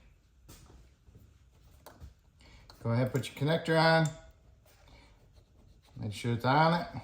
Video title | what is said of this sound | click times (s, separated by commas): 2013 Chevy Equinox GMC Terrain Evap Vent Solenoid Replacement | Clips in turn it you hear it click | 1.9 s, 2.7 s